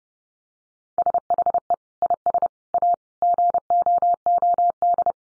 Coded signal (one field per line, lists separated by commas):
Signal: Morse code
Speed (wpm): 30 wpm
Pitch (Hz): 700 Hz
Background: none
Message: SHE IS A GOOD